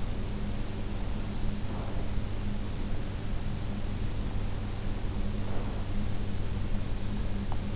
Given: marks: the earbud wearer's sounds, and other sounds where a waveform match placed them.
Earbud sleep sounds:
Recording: sounds in sleep by an in-ear microphone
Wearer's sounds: breath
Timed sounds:
1.48-2.35 s: breath
5.13-6.10 s: breath

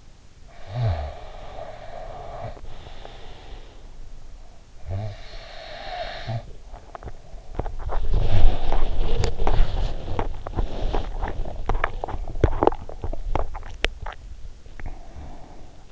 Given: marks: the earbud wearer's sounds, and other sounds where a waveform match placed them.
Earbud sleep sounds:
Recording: sounds in sleep by an in-ear microphone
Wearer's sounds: snoring breath, teeth grinding, body movement, swallowing, breath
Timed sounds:
0.65-3.92 s: snoring breath
4.64-7.53 s: snoring breath
6.69-13.38 s: teeth grinding
7.85-14.91 s: body movement
13.38-14.40 s: swallowing
14.77-15.92 s: breath

